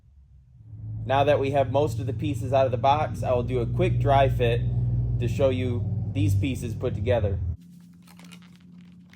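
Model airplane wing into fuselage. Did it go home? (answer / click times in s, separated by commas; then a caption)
no / none. During a dry fit of a quick-assembly RC foam airplane kit, the wing is being handled onto the fuselage while someone talks over a low background hum. After the talking stops at about 7.6 s, a few small, faint hits occur near 8.2, 8.3 and 9.1 s. The wing has not seated or clicked into place yet.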